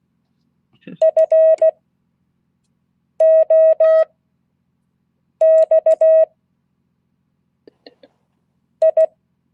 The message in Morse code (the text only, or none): FOXI